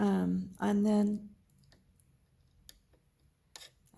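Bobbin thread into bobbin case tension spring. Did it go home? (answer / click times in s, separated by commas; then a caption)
yes / 2.7 s, 3.6 s. Someone talks, then a finger holds the drop-in bobbin while the thread is pulled through the slot into the tension spring of the bobbin case. Faint rustling follows, with small, sharp clicks at 2.7 s and 3.6 s as the thread seats in the tension spring.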